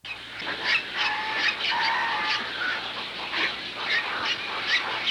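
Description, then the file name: Birdsong, many overlapping chirps and whistled notes from several birds, dense and continuous with steady background hiss. "Layered Bird Sounds"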